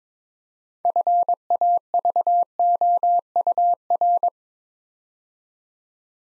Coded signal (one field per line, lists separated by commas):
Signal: Morse code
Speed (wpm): 22 wpm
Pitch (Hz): 700 Hz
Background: none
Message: FAVOUR